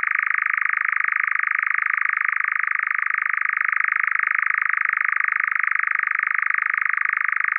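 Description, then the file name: European nightjar churring: a steady, dry mechanical trill that runs without a break, even in pitch and rapid in pulse throughout. "Eurasian Nightjar"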